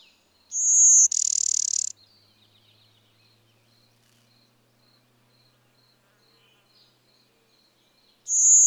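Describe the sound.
Bird song: a high whistle and buzzy trill phrase, then faint short high notes repeated several times a second, and the whistle starting again at the end.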